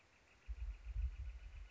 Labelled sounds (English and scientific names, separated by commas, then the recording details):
Northern Flicker (Colaptes auratus)
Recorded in Sonoma County, California